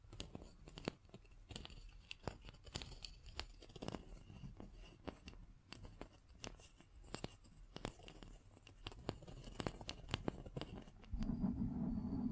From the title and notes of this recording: ASMR Brain NUMBING Triggers Scratching, Tracing, Tapping (No Talking).